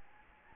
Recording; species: mosquito wingbeat signal from an infrared sensor; Anopheles gambiae